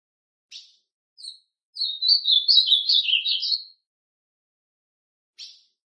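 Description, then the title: Ultramarine grosbeak singing a two-second warbled phrase of varied whistled notes, preceded by two brief chips and followed by another short call note. Classic song style (canto clássico) of the Ultramarine grosbeak. "Azulão Canto Clássico Original"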